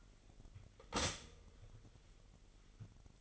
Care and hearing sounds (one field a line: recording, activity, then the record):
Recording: daily activity, microphone in the room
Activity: stop toaster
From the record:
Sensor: 4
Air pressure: 1002.9 hPa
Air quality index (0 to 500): 242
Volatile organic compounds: 18 ppm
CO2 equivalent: 2631 ppm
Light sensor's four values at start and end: 20/70/26/25 and 18/62/23/22